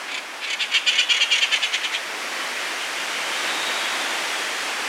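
Inca tern in a short burst of fast, rasping chatter lasting under two seconds, followed by steady rushing noise.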